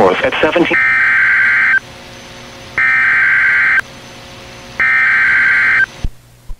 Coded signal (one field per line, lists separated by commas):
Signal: Emergency Alert System (SAME) tones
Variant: header bursts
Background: speech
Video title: EAS #305-306: 2 NWR Severe Thunderstorm Warnings- May 16, 2019